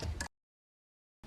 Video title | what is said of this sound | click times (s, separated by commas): How To Wire MK2 Golf 1.8t - Plug and Play Adapter Harness & Intercooler Install Pt.8 | okay so once you hear it snap in you can go ahead and lock it again if it locks you know they're incorrectly so mine's snapped in it's locked | 0.2 s